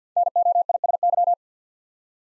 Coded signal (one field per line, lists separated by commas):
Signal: Morse code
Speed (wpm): 50 wpm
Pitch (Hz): 700 Hz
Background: none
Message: NOISY